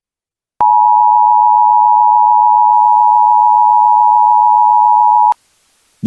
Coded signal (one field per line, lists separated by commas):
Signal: Emergency Alert System (SAME) tones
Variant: 853 and 960 Hz attention tone